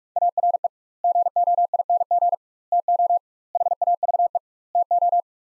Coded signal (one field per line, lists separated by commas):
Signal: Morse code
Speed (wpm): 46 wpm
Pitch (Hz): 700 Hz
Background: none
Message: ARE GOING TO HAVE TO